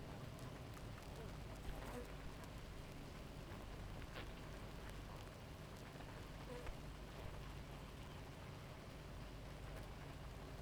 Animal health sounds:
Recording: honeybee colony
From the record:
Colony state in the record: active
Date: 28 July 2017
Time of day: 4:01

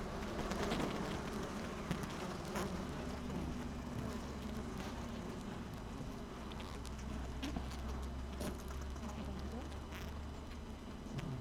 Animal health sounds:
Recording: honeybee colony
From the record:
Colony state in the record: active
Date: 12 June 2018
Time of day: 7:48

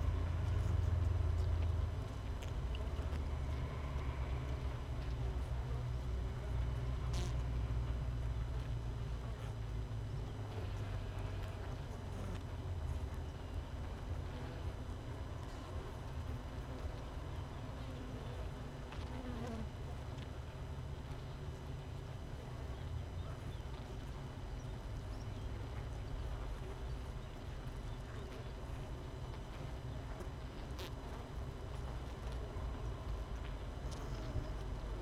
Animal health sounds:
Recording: honeybee colony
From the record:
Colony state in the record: missing queen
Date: 31 May 2018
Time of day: 6:30

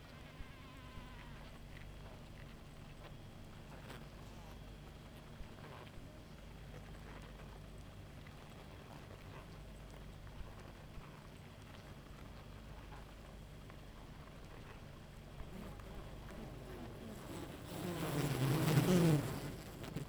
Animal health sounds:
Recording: honeybee colony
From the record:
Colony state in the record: active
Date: 28 July 2017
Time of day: 0:17

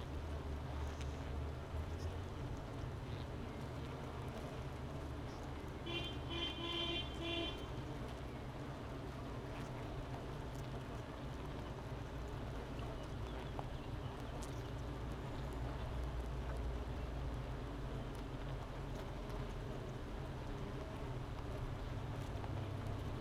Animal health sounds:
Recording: honeybee colony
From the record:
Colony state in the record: missing queen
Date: 31 May 2018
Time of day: 9:27

